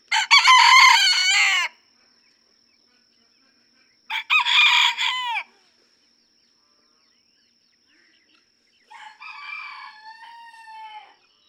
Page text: Birdsong for the Curious Naturalist Red junglefowl (chicken) No two roosters crow alike in this Kentucky barnyard. June 2, 2010. Just outside Mammoth Cave National Park, Kentucky.